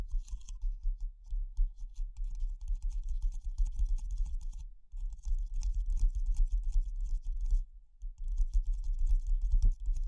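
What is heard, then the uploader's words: Fast tapping in dense, irregular bursts with a low thudding body and crisp clicks, briefly pausing near five and eight seconds. ASMR Pure Tapping Fast and Slow (No Talking).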